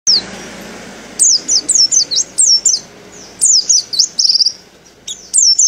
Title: Pleci Dakun Merapi Buka Paruh sambung Kenarian